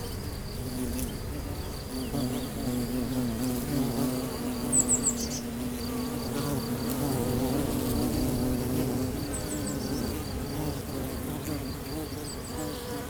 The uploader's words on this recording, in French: Un voyage au coeur de la châtaigneraie au fil des quatre saisons. Un jeu entre les paysages sonores et les sons liés à la pratique de la castanéiculture.